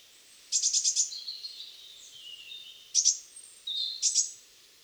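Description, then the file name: Eurasian blue tit giving very high, thin calls: a rapid run of four or five notes, then two shorter clusters with faint trailing notes. "Cyanistes caeruleus"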